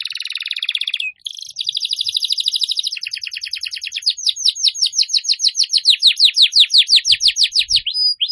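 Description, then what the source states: Canary song, dense buzzy high trills that break into a long series of quick downslurred notes, steady and rapid, ending with a thin whistle. Canary song used to lure birds.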